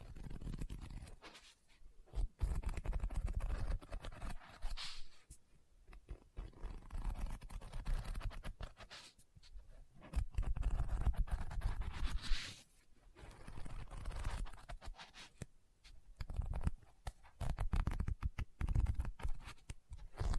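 Scratching and tapping on a book come in irregular bursts, mostly dull and low with quick rough strokes, separated by brief quiet gaps. Brighter swishing sweeps near five and twelve seconds sound like pages turning, and the bursts stay dense and uneven throughout.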